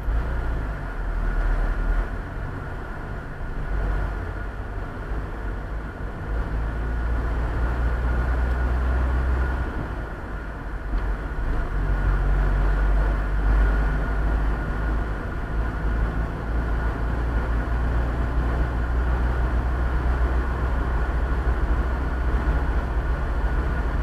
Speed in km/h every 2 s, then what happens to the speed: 19, 25, 28, 32, 35, 36, 39, 43, 46, 47, 50, 51.
0-24 speeds up to 51.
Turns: none.